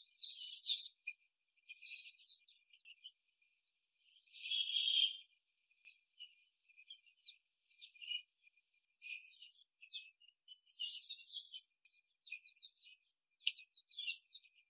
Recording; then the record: young laying hens in a cage, short pieces joined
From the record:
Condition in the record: after the stressor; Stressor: simulated dog barking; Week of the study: 3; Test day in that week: 1